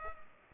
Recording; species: mosquito wingbeat signal from an infrared sensor; Culex pipiens